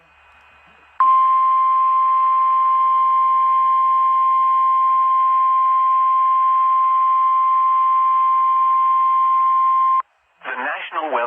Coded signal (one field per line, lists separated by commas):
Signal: Emergency Alert System (SAME) tones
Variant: 1050 Hz attention tone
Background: speech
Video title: Special Marine Warning Upton NY EAS#69 NOAA Weather Radio Station KWO35